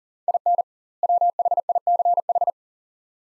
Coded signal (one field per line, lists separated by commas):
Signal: Morse code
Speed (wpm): 40 wpm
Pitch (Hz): 700 Hz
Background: none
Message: IN WHICH